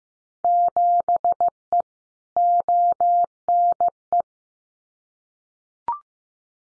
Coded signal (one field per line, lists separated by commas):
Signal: Morse code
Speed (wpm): 15 wpm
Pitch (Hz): 700 Hz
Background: none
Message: 7E ONE